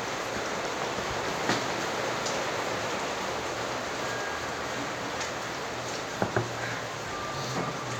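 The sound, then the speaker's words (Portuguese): Rain falls in a steady, even hiss that fills the whole stretch, broken by a few sharp taps and knocks from drops striking something harder. No one speaks. “Agora eu vou ter que colocar a roupa de chuva.”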